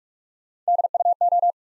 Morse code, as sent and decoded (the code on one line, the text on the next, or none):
-.. / ..- / ---
D U O